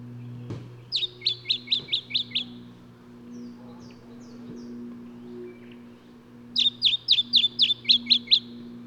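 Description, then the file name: Lemon-bellied flyrobin call: two bursts of brisk, high, downslurred notes, several in each, over a low hum. "Microeca Flavigaster"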